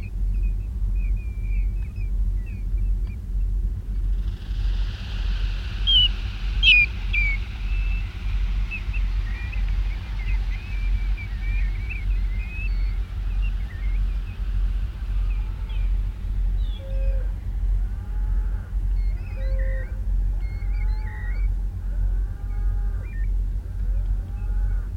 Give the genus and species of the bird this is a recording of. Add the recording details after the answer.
Pluvialis apricaria. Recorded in the wild. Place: Schaprode, Insel Rügen, Mecklenburg-Vorpommern, DE. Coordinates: 54.544, 13.146. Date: 1975-09-20. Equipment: Nagra III BH, Sennheiser MD 21, parabola. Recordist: Schubert, Michael. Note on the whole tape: 1000-2000 Goldregenpfeifer fliegen ab